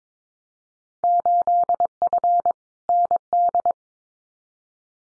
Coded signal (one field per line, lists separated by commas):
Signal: Morse code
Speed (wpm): 22 wpm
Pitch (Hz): 700 Hz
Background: none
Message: 8F ND